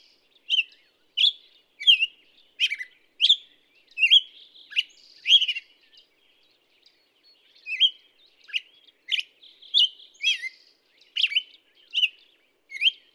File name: Black-headed Grosbeak